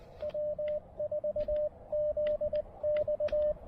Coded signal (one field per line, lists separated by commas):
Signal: Morse code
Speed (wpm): 19 wpm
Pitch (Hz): 600 Hz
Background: radio noise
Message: W4ZX